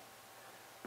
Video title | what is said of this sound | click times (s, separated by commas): Buck Vantage Pro Knife Review | here that little last little snap | 0.8 s